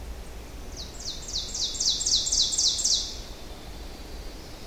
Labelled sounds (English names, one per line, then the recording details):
Ovenbird song
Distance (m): 25 m
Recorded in boreal forest in Alberta, Canada, on 25 June 2016 at 07:54
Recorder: SongMeter 3, array SBT-6-76
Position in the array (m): 155 m, 101 m
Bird 3